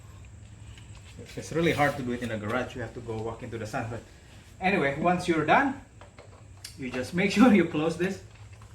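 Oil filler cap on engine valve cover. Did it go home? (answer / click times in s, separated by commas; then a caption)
no / none. Someone talks while handling the oil filler cap on the engine valve cover of a Fiat 500 (Abarth, Pop, Lounge and Sport) after topping up the engine oil, with a few faint taps and light handling noises in between. The cap is being closed, but it has not clicked or seated yet.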